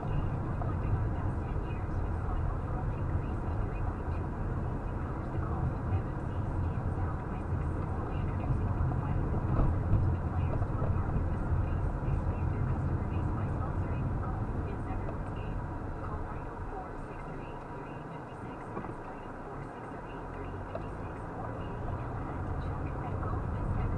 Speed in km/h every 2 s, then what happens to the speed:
31, 32, 27, 29, 29, 29, 27, 21, 6, 2, 13, 19.
0-13 steady at about 29. 13-17 brakes to 2. 18-24 pulls away to 19.